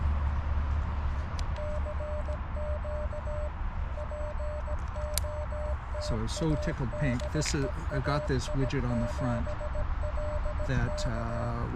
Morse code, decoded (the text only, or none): CQ POTA DE AI7LK